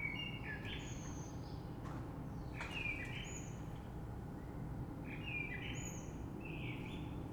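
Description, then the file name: Common blackbird singing rich warbled phrases, flute-like notes around the middle register ending in brief high squeaks, with constant low background hum. Recorded 3 March 2020. "Rush Merle"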